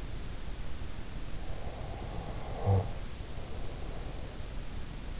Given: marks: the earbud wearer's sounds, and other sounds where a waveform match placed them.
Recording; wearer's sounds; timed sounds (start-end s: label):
sounds in sleep by an in-ear microphone; snoring breath
1.45-4.28 s: snoring breath